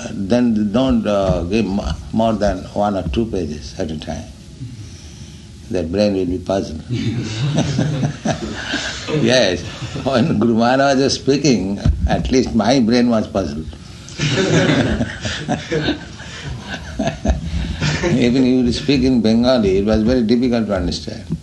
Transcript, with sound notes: Then don't give more than one or two pages at a time. Their brain will be puzzled. [laughter] [chuckles] When Guru Mahārāja was speaking, at least my brain was puzzled. [laughter] Even he would speak in Bengali, it was very difficult to understand.